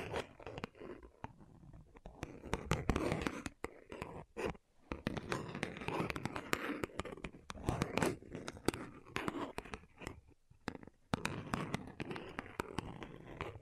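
Tapping sounds fill the recording, a dense run of sharp, quick taps and clicks with little rest between them. The rhythm is irregular, with brief pauses near four and ten seconds, and a soft rustling texture underneath. No voice is heard.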